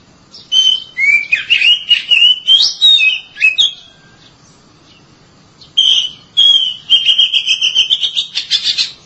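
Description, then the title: Oriental magpie-robin singing varied sweet whistles and slurred notes in a busy phrase, a silent pause, then a second phrase ending in fast repeated chips. "Suara Kicauan Burung Kacer"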